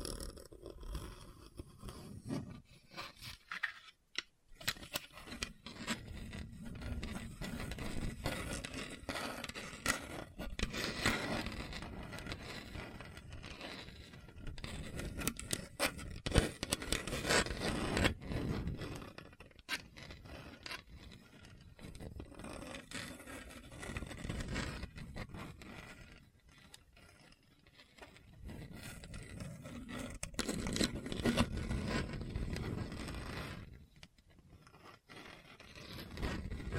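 Rough scratching across a hard, bumpy surface, gritty and uneven, swelling in louder scraping passages around 10–20 and 30–34 seconds.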